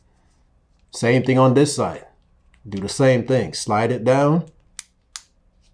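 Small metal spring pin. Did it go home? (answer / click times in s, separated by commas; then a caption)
yes / 4.8 s, 5.2 s. Someone talks while the second side of a watch band's quick-release pin is slid down into the lug of a Samsung Galaxy Watch. Two sharp clicks follow at 4.8 s and 5.2 s as the pin snaps home and seats.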